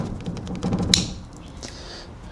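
An orange high-voltage cable plug is pushed into its socket on a homemade battery pack enclosure for a 1982 Toyota Pickup EV conversion. A series of soft fitting taps and rubs leads up to a sharp, loud click at 0.9 s, and the plug seats.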